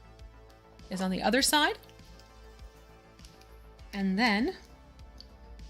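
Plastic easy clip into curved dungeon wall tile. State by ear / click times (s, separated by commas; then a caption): seated / 5.2 s. A plastic easy-clip connector is pressed into a curved dungeon wall terrain tile while someone talks, with quiet background music underneath. The clip pops into place with a sharp click at 5.2 seconds, seating firmly.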